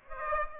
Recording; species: mosquito wingbeat signal from an infrared sensor; Aedes aegypti